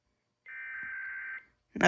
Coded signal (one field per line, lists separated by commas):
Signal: Emergency Alert System (SAME) tones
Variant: header bursts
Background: speech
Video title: My Gorman-Redlich EBS Endcoder / Decoder Model CEB (Emergency Broadcast System)